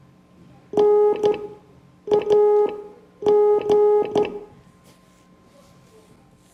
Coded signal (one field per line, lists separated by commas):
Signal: Morse code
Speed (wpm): 14 wpm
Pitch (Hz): 420 Hz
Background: none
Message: NAG